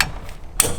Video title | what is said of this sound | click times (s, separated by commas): Truma AquaGo On-Demand RV Water Heater Review | it back up, it'll snap in place, and then you use the clean functionality on the inside control | 0.0 s, 0.6 s